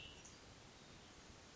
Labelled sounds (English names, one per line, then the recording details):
Cassin's Vireo
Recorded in Sonoma County, California